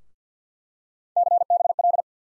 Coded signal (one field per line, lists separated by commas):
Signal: Morse code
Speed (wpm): 50 wpm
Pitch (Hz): 700 Hz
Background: none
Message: CBL